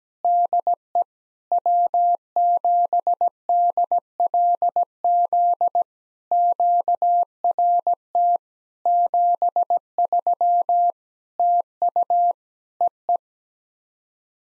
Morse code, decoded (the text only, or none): DE W7DLZ QRT 73 TU EE